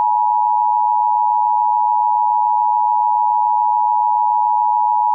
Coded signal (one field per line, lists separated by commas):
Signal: Emergency Alert System (SAME) tones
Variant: 853 and 960 Hz attention tone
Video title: EAS Mock: GET THE TIV!!!